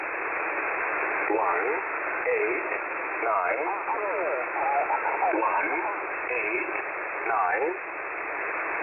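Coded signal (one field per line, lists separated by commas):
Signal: numbers station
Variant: E07a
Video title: E07a On 5811 kHz USB February 25, 2021 05:50 UTC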